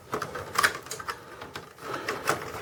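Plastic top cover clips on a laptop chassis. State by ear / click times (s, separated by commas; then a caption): released / 0.6 s, 2.3 s. One side of the plastic top cover on a Dell Inspiron M5030 laptop is pulled up and toward the person to pry it off the chassis. Sharp clicks come at 0.6 s and 2.3 s among lighter snapping and creaking as the snap clips let go. The top cover clips come loose and release.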